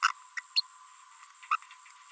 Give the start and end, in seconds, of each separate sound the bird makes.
0.03-0.11, 0.37-0.40, 0.56-0.61, 1.51-1.56